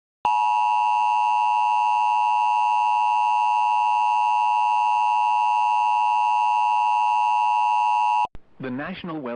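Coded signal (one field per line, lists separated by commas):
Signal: Emergency Alert System (SAME) tones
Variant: 853 and 960 Hz attention tone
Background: speech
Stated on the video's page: Failed alert, captured as audio only.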